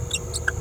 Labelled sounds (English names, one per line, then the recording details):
Green-rumped Parrotlet babbling
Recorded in a nest box in Venezuela
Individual 18B17A3